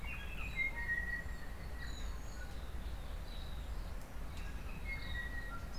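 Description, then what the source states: Birds (mixed species): mixed birds in a dawn chorus, several whistled and chirping notes scattered throughout over a steady low rumble of background noise. Temperate dawn chorus in New Zealand.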